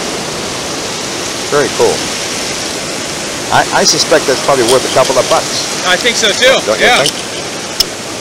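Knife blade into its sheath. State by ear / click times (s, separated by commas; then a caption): seated / 7.8 s. A found carving knife with a weighted handle is pushed into its holder or sheath over a steady rushing background as people talk, and it snaps in with a sharp tick at 7.8 s. The knife is seated in its sheath.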